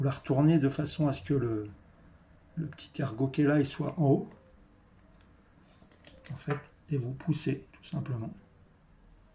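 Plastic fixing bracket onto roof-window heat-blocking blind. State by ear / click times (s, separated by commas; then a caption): not seated / none. A plastic fixing bracket for a VELUX roof-window heat-blocking blind is turned so its small lug sits on top, ready to be pushed onto the blind's mount. Someone talks throughout, with a few faint handling taps around 5.2 s, 5.9 s and 6.1 s between phrases. Nothing has seated or clicked yet.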